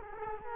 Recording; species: mosquito wingbeat signal from an infrared sensor; Culex quinquefasciatus